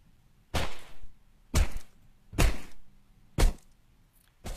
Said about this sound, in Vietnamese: Chỉ nghe thấy, Tôn Thái cứ thế mà rít lên ghê rợn, còn thằng bé thì bị đòn đau, đến nỗi không thể kêu được nữa, cho đến khi chỉ còn những tiếng dao băm xuống.